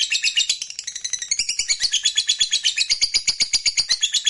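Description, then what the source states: Lovebird in a fast, continuous burst of high, shrill chatter, notes tumbling quickly and evenly with a scratchy, warbling texture. Fighter lovebird singing energetically (gacor).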